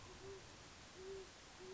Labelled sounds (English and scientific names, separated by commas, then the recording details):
Great Horned Owl (Bubo virginianus)
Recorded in Sonoma County, California